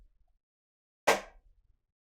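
A magnetic paw piece is placed onto the paw-print circle on a game board, where strong magnets in both the piece and the print pull it down. A single sharp snap is heard at 1.1 seconds, and the piece is seated on the board.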